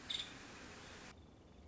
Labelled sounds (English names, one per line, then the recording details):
Nuttall's Woodpecker
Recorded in Sonoma County, California